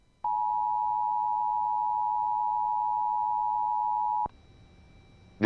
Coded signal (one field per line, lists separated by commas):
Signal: Emergency Alert System (SAME) tones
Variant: 853 and 960 Hz attention tone